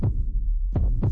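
Deep, muffled thumps: a single beat, then a close lub-dub pair about three-quarters of a second later, at a moderate, steady pace. A simulated heartbeat, with a low hum underneath.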